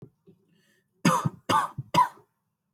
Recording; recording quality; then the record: shallow voluntary cough; excellent, no background noise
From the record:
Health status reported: healthy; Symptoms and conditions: none ticked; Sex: male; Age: 23 years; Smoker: not ticked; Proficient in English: yes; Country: India